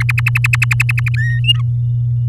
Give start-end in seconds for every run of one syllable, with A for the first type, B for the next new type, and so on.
0.00-1.09 A, 1.17-1.40 B, 1.44-1.61 C